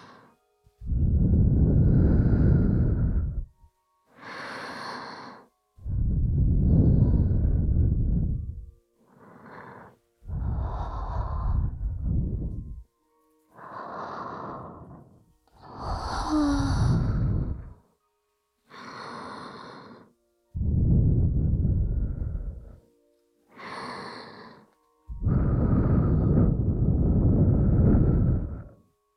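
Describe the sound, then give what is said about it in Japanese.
Soft, airy breaths blown into the microphone, about a dozen slow puffs with short pauses between, breathy and hushed with a whooshing low rumble and no speech. “いっぱい私の吐息かけられて、力が抜けて、体がふにゃふにゃになっちゃった。”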